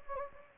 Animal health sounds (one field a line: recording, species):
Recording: mosquito wingbeat signal from an infrared sensor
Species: Anopheles gambiae